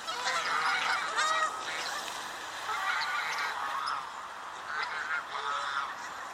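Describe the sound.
Swan goose giving nasal honks in bursts, with short pauses between groups.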